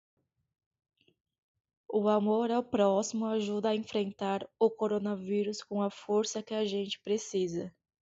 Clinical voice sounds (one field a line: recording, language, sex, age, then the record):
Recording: spoken sentence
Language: Brazilian Portuguese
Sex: female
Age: 20 to 29 years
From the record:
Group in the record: control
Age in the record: 21 years